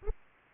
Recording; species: mosquito wingbeat signal from an infrared sensor; Aedes aegypti